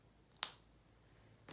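A replaceable cutting strip is pressed by its ends down into the plastic track of a paper trimmer base. After a faint tick at 0.4 s, a sharp, bright snap at 0.4 s shows the strip has popped into place, and a softer noise follows near the end of the clip.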